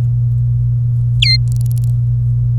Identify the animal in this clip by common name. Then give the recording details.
Domestic Canary. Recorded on 24 April 2018 at 08:51. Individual llb3